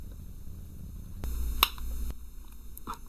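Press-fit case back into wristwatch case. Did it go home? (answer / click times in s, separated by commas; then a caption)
yes / 1.6 s. The steel back plate of an Invicta Pro Diver 23191 dive watch, covered with protective plastic, is pressed into the watch case with a bench vice-style press being tightened down. A low rumble of the press begins around 1.2 s, and at 1.6 s a sharp little snap is heard as the back plate seats home in the case. No one talks.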